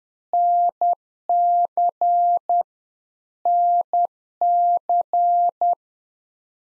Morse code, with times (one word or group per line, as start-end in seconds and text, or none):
0.3-2.6 NC
3.5-5.7 NC